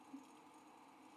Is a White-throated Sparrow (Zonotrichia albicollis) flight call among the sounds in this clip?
no